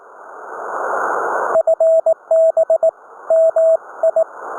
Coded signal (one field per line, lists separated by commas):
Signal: Morse code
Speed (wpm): 18 wpm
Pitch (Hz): 650 Hz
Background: radio noise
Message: FB MI